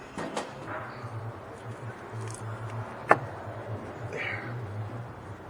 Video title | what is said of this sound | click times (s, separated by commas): how to replace rear air suspension bags bmw 535 | There, it's locked into place now. | 3.1 s